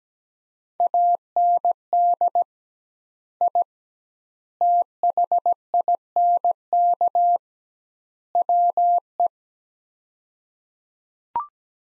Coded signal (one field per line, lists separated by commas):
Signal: Morse code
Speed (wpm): 17 wpm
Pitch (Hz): 700 Hz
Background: none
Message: AND I THINK WE